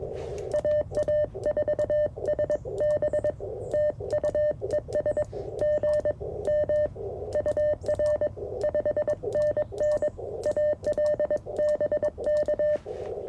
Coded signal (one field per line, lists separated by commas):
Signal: Morse code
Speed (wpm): 21 wpm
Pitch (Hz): 600 Hz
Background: none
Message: AA4SB TUES G M UR 5NN ALBK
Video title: CFT1 by KM4CFT First Impressions - & QRP CW POTA